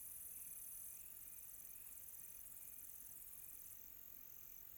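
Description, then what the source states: Crickets produce a bright, high, pulsing trill that carries on evenly through the whole stretch, with little else audible. Quiet tropical night.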